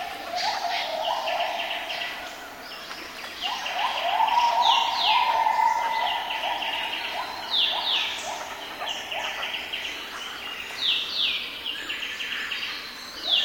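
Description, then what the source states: Gibbon calls, repeated rising hoots, with busy chirping calls above throughout. Recorded in forest.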